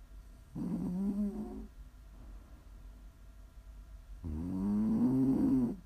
Prime ASMR snoring.